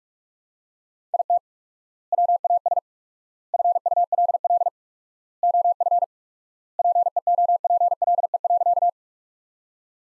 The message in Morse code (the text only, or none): IT WAS FULL OF PEOPLE.